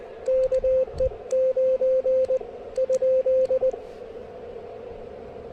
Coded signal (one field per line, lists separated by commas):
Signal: Morse code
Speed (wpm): 19 wpm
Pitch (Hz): 520 Hz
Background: radio noise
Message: KE9 ?